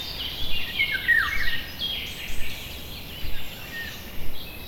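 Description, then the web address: Birds chirping together in high, quick overlapping phrases, with a bright whistled note near one second, over a constant low rumble. Birds in a forest. "GDC 2017-Game Audio Bundle West Wolf - Nature Sounds. Forest birds"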